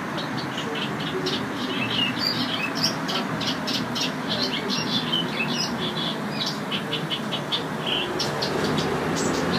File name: buschrohrsaenger